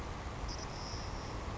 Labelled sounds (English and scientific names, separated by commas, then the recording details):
Savannah Sparrow (Passerculus sandwichensis)
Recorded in Sonoma County, California